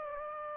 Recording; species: mosquito wingbeat signal from an infrared sensor; Aedes aegypti